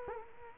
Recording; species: mosquito wingbeat signal from an infrared sensor; Culex quinquefasciatus